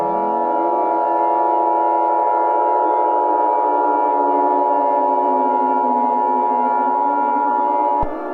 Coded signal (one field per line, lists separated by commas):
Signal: Emergency Alert System (SAME) tones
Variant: 853 and 960 Hz attention tone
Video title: (EAS Scenario #2) Nuclear Mayhem